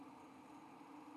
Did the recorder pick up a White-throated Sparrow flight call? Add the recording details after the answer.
no. No flight call is heard. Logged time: 02:55 on 5 December 2014